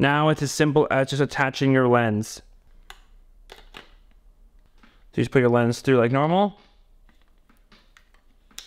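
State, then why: Seated. A camera lens is passed through the rotating ring of an L-bracket and twisted onto the camera body's bayonet mount, with someone talking at the start and again around 5–6.5 seconds. Soft handling clicks and scrapes are heard in between. A sharp click at 8.6 s marks the lens lock engaging and the lens seating on the camera.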